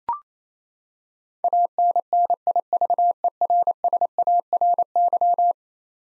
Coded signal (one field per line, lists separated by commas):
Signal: Morse code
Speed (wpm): 27 wpm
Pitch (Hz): 700 Hz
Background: none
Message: ANNIVERSARY